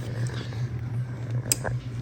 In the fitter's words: okay that one snapped in just heard it